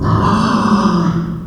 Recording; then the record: squeal of a Yucatan mini pig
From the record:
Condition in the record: after surgery on the right vocal fold (resection and tissue-engineered implant); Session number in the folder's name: 16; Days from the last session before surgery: 183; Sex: female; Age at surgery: 19 weeks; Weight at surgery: 25 kg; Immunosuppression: prednisolone